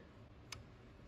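A swing bolt torque limiter on the passenger-side roof rack tower clicks once at 0.5 s as the tower bolt is tightened. The click is short and sharp over a low background hum. The bolt is tightened until the limiter gives its three clicks, and the torque is confirmed.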